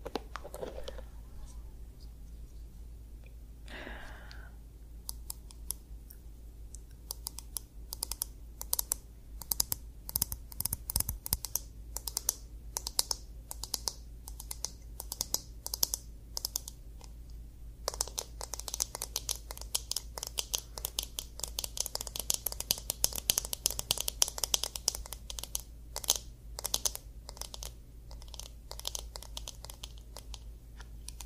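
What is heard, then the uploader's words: A scalp massage in which quick, crisp crackling and tapping sounds start sparse and pick up after about five seconds. From around eighteen seconds the scratchy clicks grow denser and brighter, running continuously to the end over a low, steady hum. ASMR Scalp Massage of Your Dreams.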